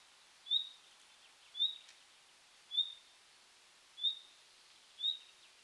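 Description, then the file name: Common nightingale giving five brief high whistles at an even pace of roughly one per second, each sharp note trailing slightly, with a quiet hiss behind. "Luscinia megarhynchos"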